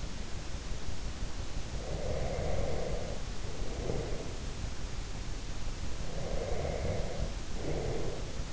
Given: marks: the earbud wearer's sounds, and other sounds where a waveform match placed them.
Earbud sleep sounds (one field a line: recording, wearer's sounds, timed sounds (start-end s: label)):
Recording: sounds in sleep by an in-ear microphone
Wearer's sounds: snoring breath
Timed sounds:
1.80-4.60 s: snoring breath
6.03-8.53 s: snoring breath